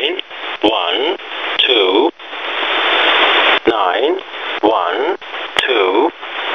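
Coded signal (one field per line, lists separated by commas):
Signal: numbers station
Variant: E07a, English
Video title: Russian E07a "English Man" number station at 7933 kHz (null message)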